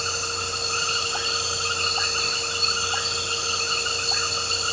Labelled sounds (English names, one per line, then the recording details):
none
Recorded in pastures near Puerto Asís, Putumayo, Colombia, on 8 March 2025 at 20:30
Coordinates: 0.466, -76.322
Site CSA-02